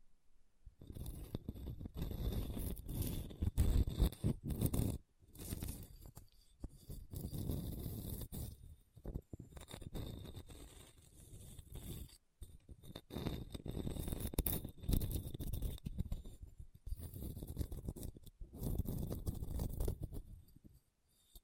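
Scratching across a hard, bumpy surface, with rough, grainy strokes in irregular bursts, some a second or two long and others short and choppy. Brief silent gaps break up the strokes, and the sound is heaviest and fullest in the low end.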